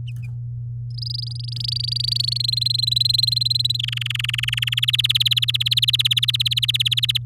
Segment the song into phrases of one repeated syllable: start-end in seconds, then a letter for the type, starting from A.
0.90-2.38 A, 2.40-3.77 B, 3.79-4.85 C, 4.88-7.17 D